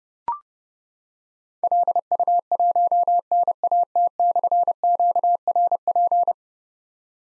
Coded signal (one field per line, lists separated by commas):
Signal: Morse code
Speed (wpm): 30 wpm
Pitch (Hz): 700 Hz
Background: none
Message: LU1NAT/QRP